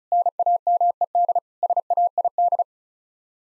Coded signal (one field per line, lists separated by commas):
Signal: Morse code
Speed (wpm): 34 wpm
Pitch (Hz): 700 Hz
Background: none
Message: NAMED SAID